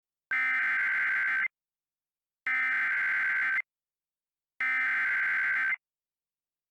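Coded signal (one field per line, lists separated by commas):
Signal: Emergency Alert System (SAME) tones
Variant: header bursts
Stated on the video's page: Fictional EAS scenario about a supervolcano in Michigan.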